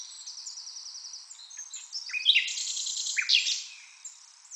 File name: Luscinia megarhynchos